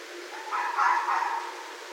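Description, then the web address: Red fox call, a short harsh wavering cry over background hiss. Recorded 31 December 2011. "Red Fox 2011 12 31"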